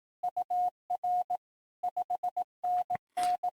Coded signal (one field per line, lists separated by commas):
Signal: Morse code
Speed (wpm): 18 wpm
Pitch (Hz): 720 Hz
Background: none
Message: UR 5NN